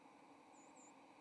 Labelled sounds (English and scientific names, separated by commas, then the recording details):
White-throated Sparrow (Zonotrichia albicollis) flight call
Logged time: 07:38 on 30 October 2014